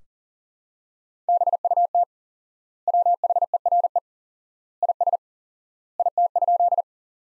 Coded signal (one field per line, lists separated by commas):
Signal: Morse code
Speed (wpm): 40 wpm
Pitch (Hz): 700 Hz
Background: none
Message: BUT WHERE IS IT?